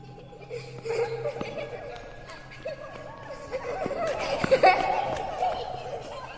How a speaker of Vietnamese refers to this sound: Ông nghe có tiếng trẻ con. Ông chồm dậy. Đúng thật là tiếng trẻ con đang đùa nghịch ở ngay ngoài sân.